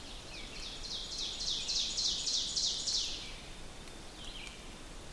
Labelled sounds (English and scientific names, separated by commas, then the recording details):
Ovenbird (Seiurus aurocapilla) song
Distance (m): 45 m
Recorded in boreal forest in Alberta, Canada, on 6 June 2016 at 07:57
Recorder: SongMeter 3, array SBT-3-51
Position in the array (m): 227 m, 155 m
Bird 28